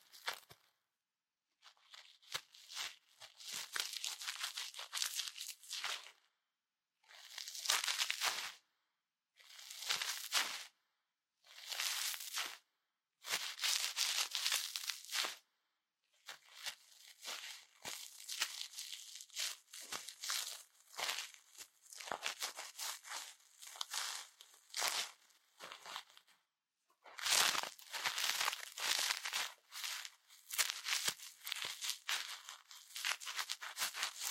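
Ear cleaning: bursts of scratchy, crackling rubbing with silent gaps between them. The strokes are bright and crisp, mostly above the low range, coming in uneven runs of one to several seconds, with a longer continuous stretch from about 16 to 26 seconds.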